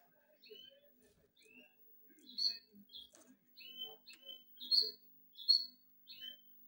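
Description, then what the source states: Canary calls: short upslurred whistled notes and chirps given singly at irregular intervals, fairly soft against a quiet background. Canary recording intended for training.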